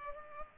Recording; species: mosquito wingbeat signal from an infrared sensor; Culex pipiens